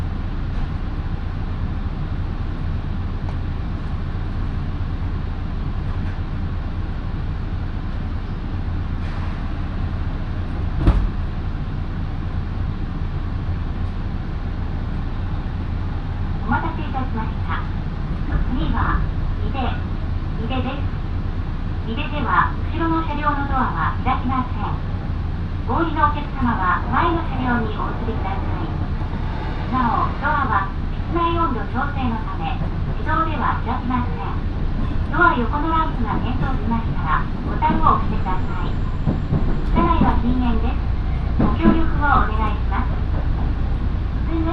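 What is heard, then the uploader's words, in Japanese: A local train on the Minobu Line runs between Shibakawa and Minobu with a steady low rumble and hum throughout. A single sharp knock comes near eleven seconds. From about sixteen seconds on, voices speak in short bursts over the constant running noise. 身延線普通 芝川→身延。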